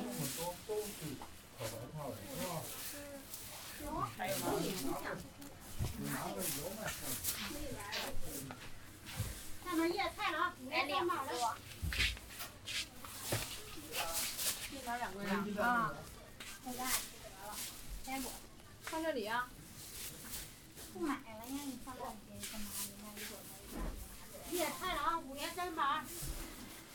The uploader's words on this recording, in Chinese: 去香饵胡同吃小面｜城市声音。下午。